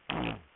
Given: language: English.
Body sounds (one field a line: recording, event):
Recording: throat vibration sensor signal played as sound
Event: throat clearing